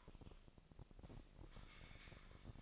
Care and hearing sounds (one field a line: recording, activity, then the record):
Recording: daily activity, microphone in the room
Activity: typing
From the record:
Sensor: 5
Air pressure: 1007.7 hPa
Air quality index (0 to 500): 95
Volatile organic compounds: 1 ppm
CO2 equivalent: 748 ppm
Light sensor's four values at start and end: 37/86/35/36 and 37/86/35/36